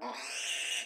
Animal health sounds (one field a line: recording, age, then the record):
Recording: pig call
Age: piglet (1 to 25 days)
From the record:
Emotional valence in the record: negative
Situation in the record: restrain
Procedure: in the arms of a person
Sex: female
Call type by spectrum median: high-frequency call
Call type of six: mixed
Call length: 0.85 s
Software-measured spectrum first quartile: 2359 Hz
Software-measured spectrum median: 3390 Hz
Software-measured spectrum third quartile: 6528 Hz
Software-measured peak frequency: 2780 Hz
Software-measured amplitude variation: 79 dB a second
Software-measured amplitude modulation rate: 22.8 a second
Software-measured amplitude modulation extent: 3.4 dB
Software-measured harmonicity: 1.6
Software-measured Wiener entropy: -2.06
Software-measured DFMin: 628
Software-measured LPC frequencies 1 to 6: 873, 1845, 2824, 3425, 6031, 7897 Hz